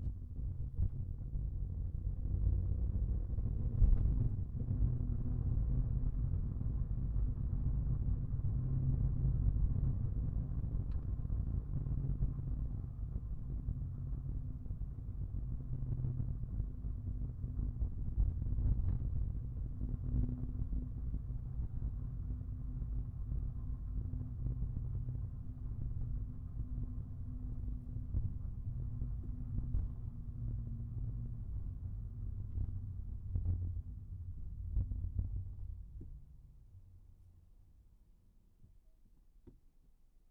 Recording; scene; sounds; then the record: everyday scene through a hearing-aid microphone; in a vehicle; engine, rumble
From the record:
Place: Skoda Fabia, gasoline engine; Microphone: behind the ear, right, front